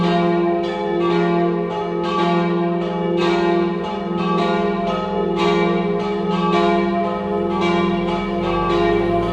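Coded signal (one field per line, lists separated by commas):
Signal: bell signal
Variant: three-bell Friulian swing ringing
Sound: several church bells ringing continuously, overlapping strikes with long hum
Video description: Battiore e dopli (dura 2 minuti e mezzo) delle 17:30 per la Messa prefestiva delle 18:00 nella vigilia della Solennità di Tutti i Santi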